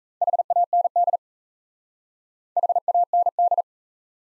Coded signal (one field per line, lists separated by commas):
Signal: Morse code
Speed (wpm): 35 wpm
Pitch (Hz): 700 Hz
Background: none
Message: HAND HAND